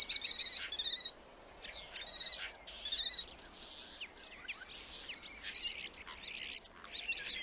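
Black starling song mixing buzzy stacked rattles, clicks and thin whistles, delivered in short bursts separated by brief pauses.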